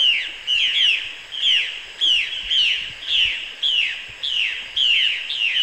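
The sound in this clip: Violaceous jay giving a steady series of loud, falling calls.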